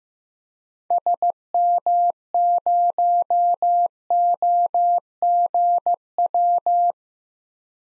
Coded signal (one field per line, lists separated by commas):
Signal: Morse code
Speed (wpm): 15 wpm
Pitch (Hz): 700 Hz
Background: none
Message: SM0OGW